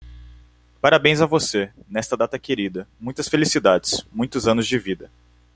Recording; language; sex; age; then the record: short text; Brazilian Portuguese; male; 18 to 19 years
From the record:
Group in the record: control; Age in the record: 18 years